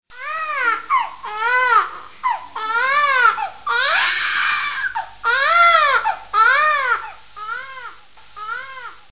Baby crying.